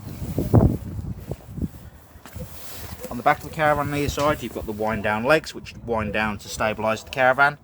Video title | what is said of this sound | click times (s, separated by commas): 2013 Sterling Eccles Elite Explorer | the toilet cassette goes into you simply push it into place and the orange handle that you see just here will actually lock into place on the bottom | 0.5 s